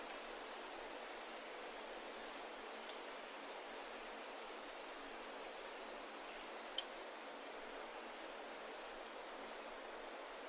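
Wind moves through the trees in a steady, even rush of hiss with no low rumble and little change in level. A sharp brief snap lands near the seven-second mark, and a fainter tick comes around three seconds.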